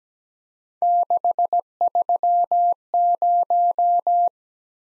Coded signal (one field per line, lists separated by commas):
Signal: Morse code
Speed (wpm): 17 wpm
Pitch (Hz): 700 Hz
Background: none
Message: 630